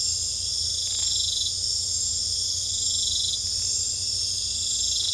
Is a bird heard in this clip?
no